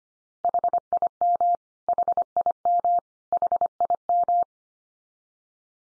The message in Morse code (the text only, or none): HIM HIM HIM